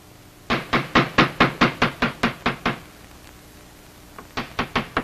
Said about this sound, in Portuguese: Gonçalves o observa se afastar e bate na porta da frente.